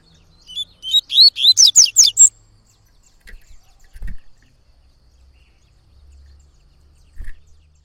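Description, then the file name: Coleiro-baiano pouring out a fast run of sweet whistled notes, followed by a few faint low thumps. Singing a lot; tui-tui song style. "Coleiro Baiano Cantando Muito Canto Tui Tui"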